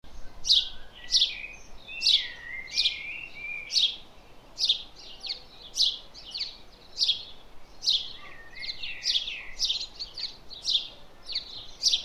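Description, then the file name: House sparrow chirping, a rapid series of sharp chirps with some lower slurred notes. "Passer domesticus"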